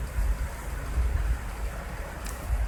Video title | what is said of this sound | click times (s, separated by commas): Stihl BG Blower Does The Choke-Walk - BG 45,55,65,85, SH 55,85 | Oh yeah, that's the deal right there. I can actually feel it snap. | 2.3 s